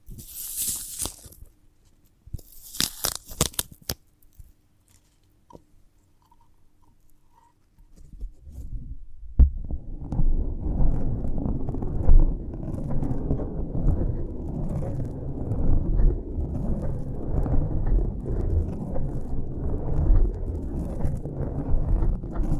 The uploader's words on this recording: ASMR of a Sprouted Coconut (No Talking).